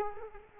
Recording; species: mosquito wingbeat signal from an infrared sensor; Culex quinquefasciatus